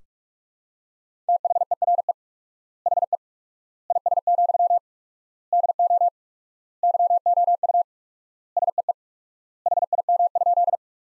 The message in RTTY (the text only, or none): none